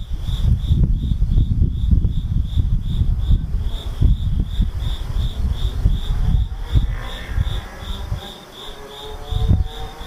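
An insect chirps in a steady, regular pulse, a bright, high trill repeating about twice a second for the whole clip. Underneath, low, uneven rumbling and thumping comes and goes, and faint tones drift in after about seven seconds.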